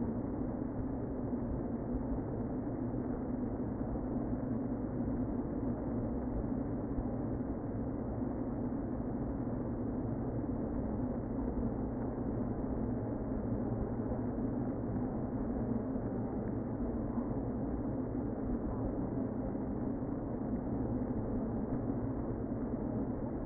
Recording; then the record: honeybee colony, microphone inside the hive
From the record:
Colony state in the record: queen present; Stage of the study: before two queens were removed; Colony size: about 60,000 bees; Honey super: yes